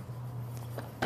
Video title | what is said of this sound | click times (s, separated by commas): BEST KITCHEN GADGETS on Amazon (Under $60) | it on top make sure it's locked into place and | 1.0 s